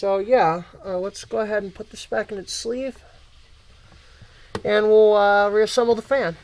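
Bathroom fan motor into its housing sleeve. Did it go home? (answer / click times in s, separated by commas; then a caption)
no / none. A repaired bathroom fan motor is being handled for reassembly, about to be pushed back into its plastic sleeve or housing while someone talks. Between the speech there is a quiet stretch of low handling noise. The clip ends before the motor goes home, so nothing has seated or clicked yet.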